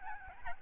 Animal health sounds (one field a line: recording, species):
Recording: mosquito wingbeat signal from an infrared sensor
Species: Aedes albopictus